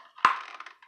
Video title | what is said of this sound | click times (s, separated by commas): How to clean a Dyson V6 cordless vaccum cleaner | click not a big click then come back to this side and you've got to lock this piece in again and | 0.2 s